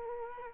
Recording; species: mosquito wingbeat signal from an infrared sensor; Culex quinquefasciatus